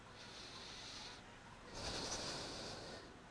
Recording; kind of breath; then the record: one breath in and out by a microphone near the nose and mouth; deep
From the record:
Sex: male